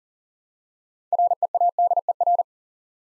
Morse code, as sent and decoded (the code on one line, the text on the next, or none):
.-. . .- -.. . .-.
READER